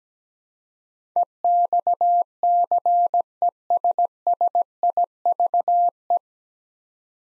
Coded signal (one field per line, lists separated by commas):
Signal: Morse code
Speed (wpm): 17 wpm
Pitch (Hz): 700 Hz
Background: none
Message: EXCESSIVE